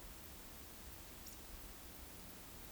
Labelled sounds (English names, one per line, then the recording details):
Eurasian Woodcock whistle
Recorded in Baden-Württemberg, Germany, on 9 May 2021 at 19:36 UTC
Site 23718, 552 m above sea level